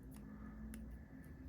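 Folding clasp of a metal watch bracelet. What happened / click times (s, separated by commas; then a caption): The metal clasp clicked shut / 0.7 s. The folding clasp on the steel bracelet of a Seiko SSB435 red-dial chronograph watch is closed over a low steady hum, with a faint tick at about 0.2 s. A short, sharp click at 0.7 s marks the clasp snapping shut and seating securely.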